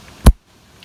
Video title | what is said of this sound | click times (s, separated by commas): How to replace Chevy Cruze Water Pump! | Push until you hear it click. | 0.3 s